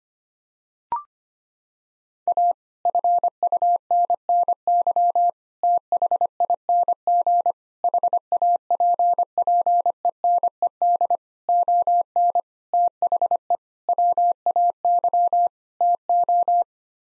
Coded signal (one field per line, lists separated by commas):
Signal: Morse code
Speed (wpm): 25 wpm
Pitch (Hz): 700 Hz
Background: none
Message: A FUNNY THING HAPPENED ON THE WAY TO